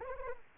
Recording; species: mosquito wingbeat signal from an infrared sensor; Anopheles arabiensis